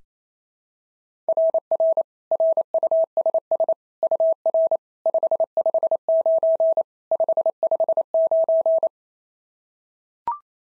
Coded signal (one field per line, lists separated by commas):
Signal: Morse code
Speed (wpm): 25 wpm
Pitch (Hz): 650 Hz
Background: none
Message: RR RUSS UR 559 559